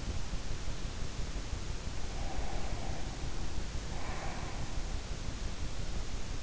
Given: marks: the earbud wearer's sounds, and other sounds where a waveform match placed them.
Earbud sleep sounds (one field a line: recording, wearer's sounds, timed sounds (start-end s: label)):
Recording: sounds in sleep by an in-ear microphone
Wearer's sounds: breath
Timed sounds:
1.83-5.27 s: breath